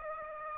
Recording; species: mosquito wingbeat signal from an infrared sensor; Aedes aegypti